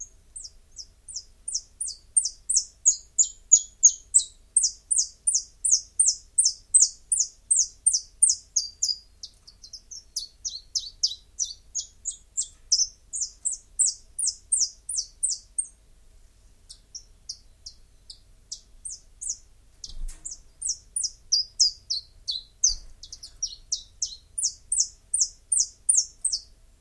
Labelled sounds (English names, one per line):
Common Chiffchaff song